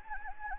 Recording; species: mosquito wingbeat signal from an infrared sensor; Anopheles gambiae